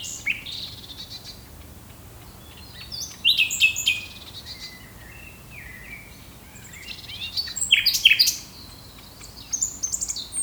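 Common nightingale singing in bursts of rich varied phrases, sharp whistles and rapid trills separated by pauses.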